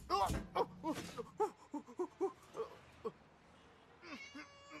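A cat meows repeatedly: a loud, drawn-out cry, then a quick string of short, fading mews, ending with a thinner, higher-pitched yowl.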